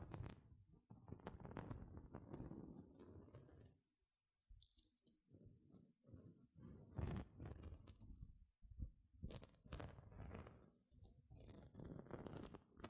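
Gentle scratching goes on in uneven, crackly bursts, with a soft, hissy brightness on top and a low rustling body underneath. The strokes thin out into brief near-quiet pauses around four to five seconds and again near eight and a half seconds before resuming densely.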